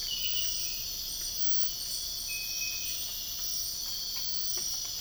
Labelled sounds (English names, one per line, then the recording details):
none
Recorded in dense forest near Puerto Asís, Putumayo, Colombia, on 13 March 2025 at 05:00
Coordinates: 0.484, -76.325
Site G045